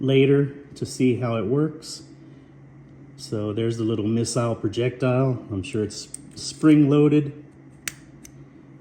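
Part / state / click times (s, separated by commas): plastic missile projectile into a toy figure's spring-loaded launcher / seated / 7.9 s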